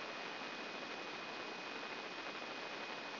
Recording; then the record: brain microelectrode recording played as sound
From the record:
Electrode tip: inside the subthalamic nucleus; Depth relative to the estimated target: 1 mm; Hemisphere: left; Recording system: AlphaMap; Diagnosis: Parkinson's disease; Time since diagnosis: 11 years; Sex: male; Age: 56 years